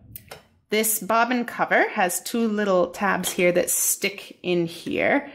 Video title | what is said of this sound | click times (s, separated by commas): How to thread an Elna Lotus sewing machine | this you push it over to the right you just push it a little bit like that and this pops up pull it out this | 0.2 s